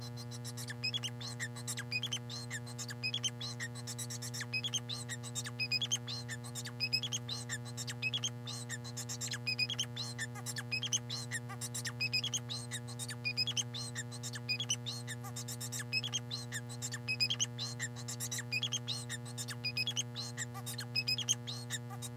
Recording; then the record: song of a male Bengalese finch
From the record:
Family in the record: son of father 4